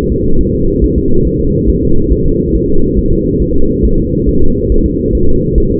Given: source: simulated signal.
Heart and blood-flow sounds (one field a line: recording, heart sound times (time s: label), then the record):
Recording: fetal heart sounds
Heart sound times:
0.12 s: S2
0.41 s: S1
0.55 s: S2
0.84 s: S1
0.98 s: S2
1.27 s: S1
1.41 s: S2
1.70 s: S1
1.84 s: S2
2.12 s: S1
2.26 s: S2
2.55 s: S1
2.69 s: S2
2.99 s: S1
3.13 s: S2
3.42 s: S1
3.56 s: S2
3.85 s: S1
3.99 s: S2
4.29 s: S1
4.43 s: S2
4.72 s: S1
4.86 s: S2
5.15 s: S1
5.29 s: S2
5.58 s: S1
5.72 s: S2
From the record:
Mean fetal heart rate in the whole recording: 140 bpm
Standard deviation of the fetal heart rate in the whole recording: 2 bpm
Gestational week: 34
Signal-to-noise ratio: -19.1 dB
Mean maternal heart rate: 72 bpm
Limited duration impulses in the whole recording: present